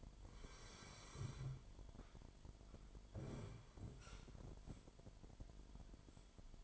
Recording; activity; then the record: daily activity, microphone in the room; sit down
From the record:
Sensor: 5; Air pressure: 998.6 hPa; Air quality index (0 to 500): 83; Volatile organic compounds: 1 ppm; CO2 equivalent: 950 ppm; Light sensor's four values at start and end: 45/110/46/51 and 44/108/45/50